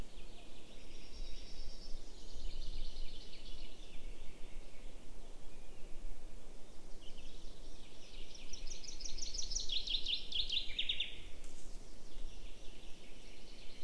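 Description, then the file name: Common chaffinch song: a fainter descending trilled phrase with a few louder notes near its end, amid twittering birds and continuous low noise. "Fringilla coelebs"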